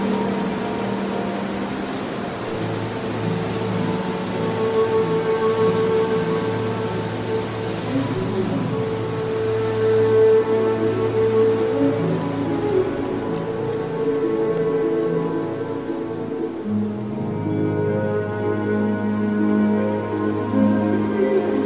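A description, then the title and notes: Slow, sustained violin notes drift over a steady bed of wind, the bowed tones holding long and overlapping in a low-to-middle range. The wind hiss stays even and continuous throughout, while the music shifts chords gently around the midpoint and again near the end. Relaxing wind sounds with relaxing violin music.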